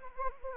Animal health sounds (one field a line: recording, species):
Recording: mosquito wingbeat signal from an infrared sensor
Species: Anopheles gambiae